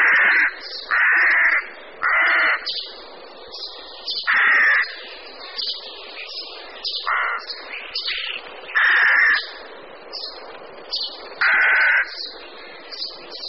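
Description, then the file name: Rook giving harsh, grating caws, several long drawn-out calls mixed with shorter ones, roughly one every second or two, with no other clear sounds. "Havran-polní"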